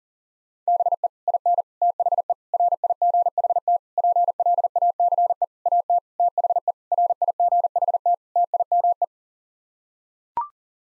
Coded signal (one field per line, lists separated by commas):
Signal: Morse code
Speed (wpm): 40 wpm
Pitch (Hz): 700 Hz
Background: none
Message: BE IN THE RIGHT PLACE AT THE RIGHT TIME